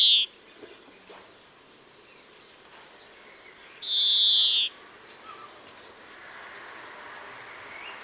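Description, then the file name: European greenfinch calls: a clipped buzzy note at the start, then one full wheezing drawn-out call midway, against quiet background noise. "Chloris chloris"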